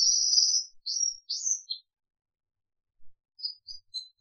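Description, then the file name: Crested canary song: a sustained high whistled note, then short rising slurred phrases and a brief pause before soft scattered chirps. "audio kenari jambul"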